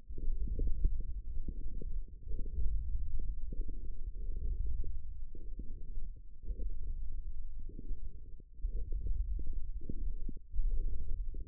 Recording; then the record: forearm muscle sounds (acoustic myography)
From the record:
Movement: forearm supination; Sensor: system 1, eight BSWA MPA416 microphones around the upper forearm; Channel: 6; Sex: male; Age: 18 years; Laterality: right